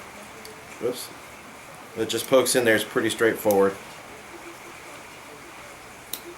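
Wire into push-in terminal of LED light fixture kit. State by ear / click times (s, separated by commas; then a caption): seated / 6.1 s. A stripped wire is pushed into the push-in terminal of a connector on a Commercial Electric 8 ft and 4 ft white fluorescent light retrofit kit while someone talks. After the talking, a sharp, brief click is heard at 6.1 s as the wire seats in the terminal.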